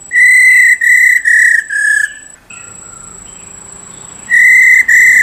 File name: Tieng khuou mun mai ro kich trong